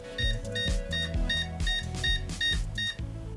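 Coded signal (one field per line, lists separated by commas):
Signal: beep code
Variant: PCChips 486 BIOS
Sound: a rapid series of short, evenly spaced high beeps over low humming noise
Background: low hum or music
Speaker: well we've got eight beeps and eight beeps I'm assuming is the video card not found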